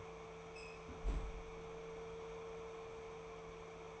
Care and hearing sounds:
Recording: daily activity, microphone in the room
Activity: close fridge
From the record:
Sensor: 1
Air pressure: 1014.8 hPa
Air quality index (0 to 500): 193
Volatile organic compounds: 21 ppm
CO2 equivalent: 2733 ppm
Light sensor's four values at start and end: 10/26/10/12 and 10/25/10/11

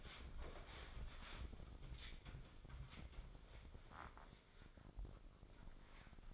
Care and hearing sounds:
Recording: daily activity, microphone in the room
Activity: wipe stove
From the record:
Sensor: 5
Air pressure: 996.2 hPa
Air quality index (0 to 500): 97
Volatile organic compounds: 6 ppm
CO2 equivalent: 1862 ppm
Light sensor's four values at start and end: 35/80/34/37 and 35/81/33/35

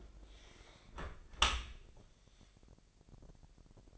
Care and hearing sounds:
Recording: daily activity, microphone in the room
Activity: close dishwasher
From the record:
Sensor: 5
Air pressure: 1000.6 hPa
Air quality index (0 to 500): 248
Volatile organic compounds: 35 ppm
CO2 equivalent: 3054 ppm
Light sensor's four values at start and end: 31/71/28/27 and 32/72/29/27

